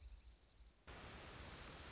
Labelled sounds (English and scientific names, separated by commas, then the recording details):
Dark-eyed Junco (Junco hyemalis)
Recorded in Sonoma County, California